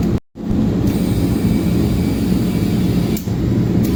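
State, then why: Not seated. A motorcycle front tire is being inflated with an air gauge so its rubber bead will seat onto the metal wheel rim. A steady low, rumbling airflow noise fills the clip, broken by a brief silent gap near 0.2–0.3 s and a short dip around 3.2 s. The bead has not popped onto the rim yet, and nothing has seated by the end.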